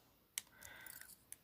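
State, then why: Seated. Pliers close an open metal jump ring holding a necklace chain, with faint metallic rustling between two small, sharp clicks at 0.4 s and 1.3 s as the ring ends meet. The two clicks mean the jump ring is fully closed onto the chain.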